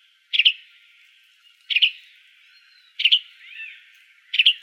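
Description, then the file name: Flame-colored tanager calls, four crisp doubled chip notes spaced over a second apart, with a faint thin whistle between the later notes. "FCTA CALLS 2 deviche"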